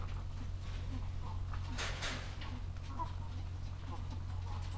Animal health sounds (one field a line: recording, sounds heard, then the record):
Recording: poultry house recording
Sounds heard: sick chickens (respiratory disease)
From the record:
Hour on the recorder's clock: 14